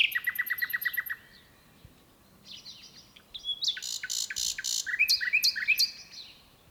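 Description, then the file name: Common nightingale song: a rapid series of repeated high notes, a pause, then harsh buzzy bursts followed by a few sharp whistled phrases. "Luscinia megarhynchos"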